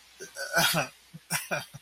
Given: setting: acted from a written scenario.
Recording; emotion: vocal sound without words; embarrassment